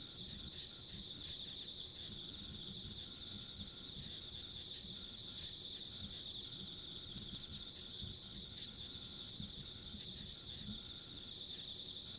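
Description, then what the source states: Insects in a continuous bright trilling chorus, finely pulsed and unchanging, with muffled low-frequency noise underneath. Ambient insect sounds along a rural country road.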